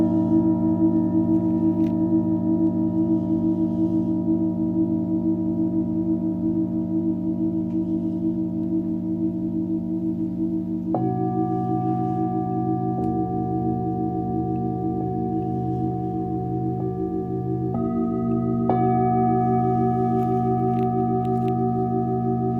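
Singing bowls hum in a steady, layered drone with slow beating pulses, warm with a low body and bright ringing overtones. Around eleven and again near nineteen seconds, fresh strikes add higher ringing tones that sustain over the continuing hum.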